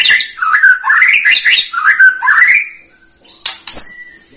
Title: PANCINGAN MEWAH MURAI BATU GACOR, SEKALI DENGAR AMPUH LANGSUNG RESPON